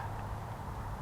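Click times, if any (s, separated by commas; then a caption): none. The second plastic side trim piece is handled against the body of a Maserati key fob during a battery change, with only a steady low hum and faint background noise and no distinct click. Nothing has seated or clicked yet.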